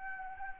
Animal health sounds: mosquito wingbeat signal from an infrared sensor; Anopheles arabiensis

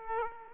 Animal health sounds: mosquito wingbeat signal from an infrared sensor; Aedes aegypti

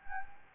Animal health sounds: mosquito wingbeat signal from an infrared sensor; Anopheles gambiae

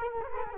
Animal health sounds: mosquito wingbeat signal from an infrared sensor; Culex quinquefasciatus

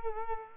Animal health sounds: mosquito wingbeat signal from an infrared sensor; Culex quinquefasciatus

